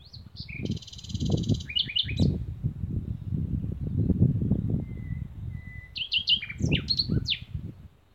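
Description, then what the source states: Birdsong with sharp high chirps, a buzzy trill and thin whistled notes, set against steady low, rough croaking that runs throughout. Spring twittering of birds somewhere around Odra, with frogs croaking on the Lomnica canal, 10 May 2020.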